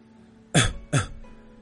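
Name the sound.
light cough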